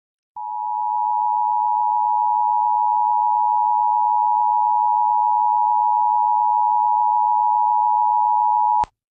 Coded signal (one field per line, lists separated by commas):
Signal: Emergency Alert System (SAME) tones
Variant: 853 and 960 Hz attention tone